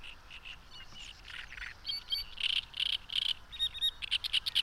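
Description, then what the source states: Frogs giving short repeated pulses that grow louder and more frequent toward the end, with bird chirps in between. Frogs calling at a lake, with birds and highway noise in the background.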